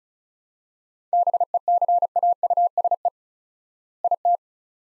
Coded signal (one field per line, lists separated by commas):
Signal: Morse code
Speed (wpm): 34 wpm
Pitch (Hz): 700 Hz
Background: none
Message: BECAUSE IT